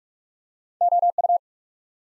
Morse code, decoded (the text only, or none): O U